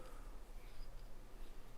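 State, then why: Not seated. A single mounting knob is threaded into a motorized pan-tilt camera unit and turned by hand toward tight, producing soft, low rubbing and handling noise with no distinct hits. The knob has not yet seated or clicked and the unit is not yet locked in place.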